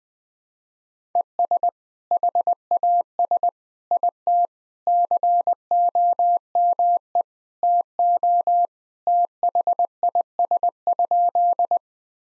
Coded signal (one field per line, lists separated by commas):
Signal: Morse code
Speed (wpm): 20 wpm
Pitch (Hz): 700 Hz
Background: none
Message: ES HAS IT COME TO THIS?